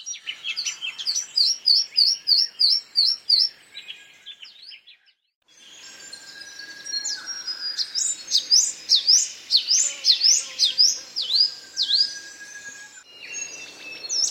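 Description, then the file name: Bird calls: a quick run of high repeated notes, a short silence, then sweeping chirps mixed with steady background twittering. "BIRD wbsw"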